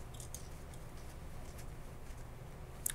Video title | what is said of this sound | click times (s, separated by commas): HPE ProLiant DL580 Gen 9 Server NICs - Network Card Options - PCIe 7 Mezzanine Installation | and it's officially locked into place and again if we wanted to have our eom and our PCI card | 2.9 s